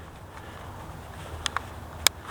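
After being unscrewed, the two thumb control sticks of a DJI Mavic Mini drone remote controller are snapped into their storage slots in the bottom of the controller. Sharp plastic clicks sound at 1.5 s, 1.6 s, and a loudest one at 2.1 s over a low background hum, and the sticks are seated.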